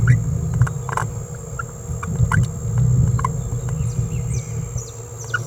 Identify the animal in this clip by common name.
Green-rumped Parrotlet